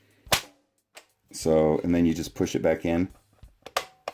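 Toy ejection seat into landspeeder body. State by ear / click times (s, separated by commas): seated / 3.8 s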